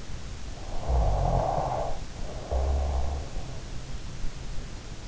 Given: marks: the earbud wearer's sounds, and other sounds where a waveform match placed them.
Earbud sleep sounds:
sounds in sleep by an in-ear microphone; snoring breath
0.62-3.67 s: snoring breath

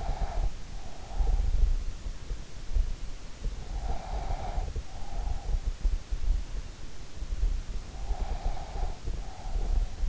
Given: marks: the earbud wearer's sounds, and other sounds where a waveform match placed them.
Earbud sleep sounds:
sounds in sleep by an in-ear microphone; breath
0.00-1.87 s: breath
3.70-5.70 s: breath
8.16-10.09 s: breath

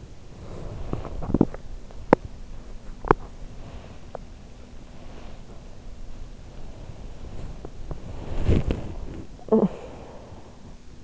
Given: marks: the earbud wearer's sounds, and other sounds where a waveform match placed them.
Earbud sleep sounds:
sounds in sleep by an in-ear microphone; body movement, teeth grinding, talking in sleep
0.00-1.22 s: body movement
1.22-3.48 s: teeth grinding
3.48-9.30 s: body movement
9.30-11.04 s: talking in sleep

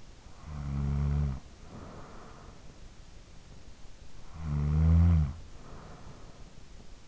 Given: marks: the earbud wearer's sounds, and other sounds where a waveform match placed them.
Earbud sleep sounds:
sounds in sleep by an in-ear microphone; snoring breath
0.00-3.14 s: snoring breath
3.78-6.83 s: snoring breath

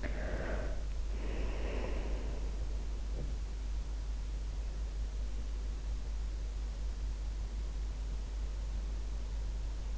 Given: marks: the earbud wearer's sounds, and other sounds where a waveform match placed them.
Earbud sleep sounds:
sounds in sleep by an in-ear microphone; breath
0.00-2.60 s: breath
2.78-3.48 s: sound from someone else or the room

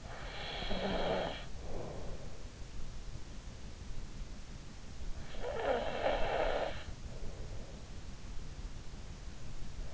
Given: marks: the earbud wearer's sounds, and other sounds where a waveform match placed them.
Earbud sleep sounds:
sounds in sleep by an in-ear microphone; snoring breath
0.00-2.35 s: snoring breath
5.39-7.67 s: snoring breath

